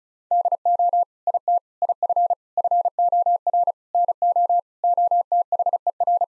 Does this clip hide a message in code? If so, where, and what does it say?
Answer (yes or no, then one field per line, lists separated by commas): yes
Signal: Morse code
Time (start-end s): 0.3-6.2 s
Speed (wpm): 36 wpm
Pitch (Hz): 700 Hz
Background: none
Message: DO IT IF FOR NO OTHER